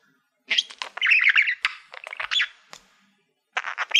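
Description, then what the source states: Budgerigar chattering in rapid scratchy warbles and clicks, a brief quiet gap, then a fresh burst of chirpy chatter at the end. Budgie making happy sounds.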